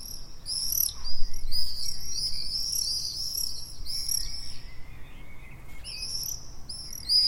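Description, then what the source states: Common swifts giving rapid, shrill screaming calls in quick overlapping bursts, with fainter lower chirps beneath. Common swift calls, recorded 6 June 2014.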